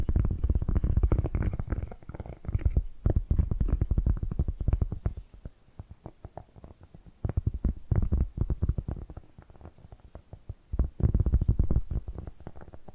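Dense, rapid tapping and scratching with deep low thuds, busiest early and again near eleven seconds, thinning to sparse clicks midway.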